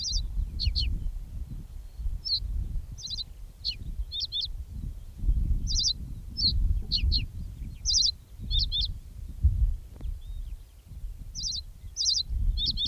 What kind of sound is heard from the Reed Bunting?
song